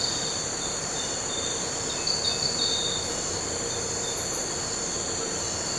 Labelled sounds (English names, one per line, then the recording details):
none
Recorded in pastures near Puerto Asís, Putumayo, Colombia, on 4 March 2025 at 04:00
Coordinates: 0.466, -76.322
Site CSA-02